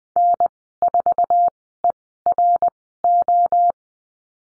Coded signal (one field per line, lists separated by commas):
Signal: Morse code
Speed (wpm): 20 wpm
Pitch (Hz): 700 Hz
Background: none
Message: N4ERO